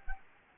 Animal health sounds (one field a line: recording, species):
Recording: mosquito wingbeat signal from an infrared sensor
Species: Anopheles gambiae